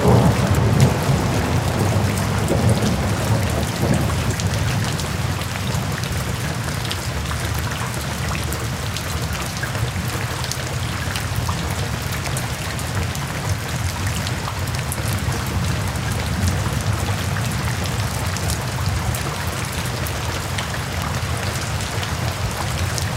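Raindrops fall in a steady, dense patter with many small crisp taps, over a constant low rumble that holds even throughout.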